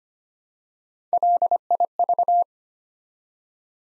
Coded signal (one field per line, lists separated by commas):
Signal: Morse code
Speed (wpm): 25 wpm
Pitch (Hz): 700 Hz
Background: none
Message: LIV